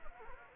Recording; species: mosquito wingbeat signal from an infrared sensor; Anopheles gambiae